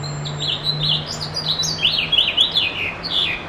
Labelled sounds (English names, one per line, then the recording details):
House Finch song
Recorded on Long Island, New York, on 21 June 2011
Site IT
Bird C